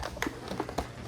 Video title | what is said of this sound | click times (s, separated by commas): Tineco Floor One S7 Pro Detailed Review. How Well Does it Clean? Honest Review | and it'll snap on yeah there you go | 0.2 s